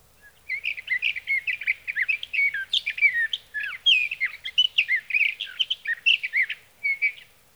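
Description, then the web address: Sage thrasher pouring out a long, rambling warble of short sweeping notes for around seven seconds. "birdsongforthecurious Sage Thrasher"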